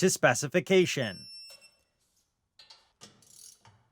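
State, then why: Torque reached. A torque wrench with a 15mm socket tightens a lower fastener on the front bumper of a Polaris RZR Trail/Trail S to 40 ft-lbs (54 Nm). Someone talks for the first second and a half, then after a short silence the wrench gives a sharp ratchet-like click at 2.6 s, followed by softer ratcheting clicks and rustling. The click marks the fastener reaching its torque setting.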